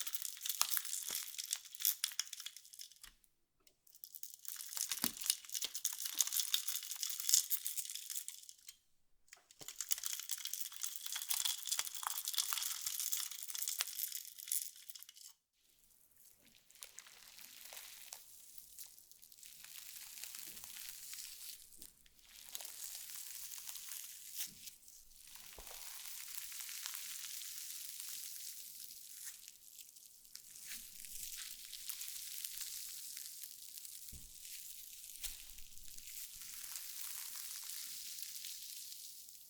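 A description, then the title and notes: Slime being squished and stretched gives a dense, bright crackle and sizzle, like fine popping bubbles. The first fifteen seconds come in loud bursts separated by short silent gaps; after a pause near 15 seconds the crackling turns softer and steadier, with brief dips. NO TALKING Satisfying Slime Triggers.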